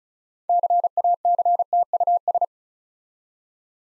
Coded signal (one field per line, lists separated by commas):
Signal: Morse code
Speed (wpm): 36 wpm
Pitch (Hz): 700 Hz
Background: none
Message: CACTUS